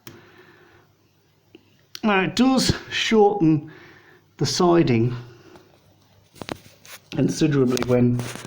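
A plastic buffer stop is pushed down onto the end of a model railway track, clicking at 0.1 s as it seats and grips the rails. Someone then talks, with a few small knocks and taps between the words.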